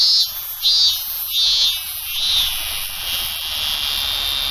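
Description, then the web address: Robust cicada song: loud high pulsed notes repeated about every 0.8 seconds, slurring into a steady shrill drone. "sikioto insect minminzemi"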